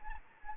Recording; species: mosquito wingbeat signal from an infrared sensor; Anopheles gambiae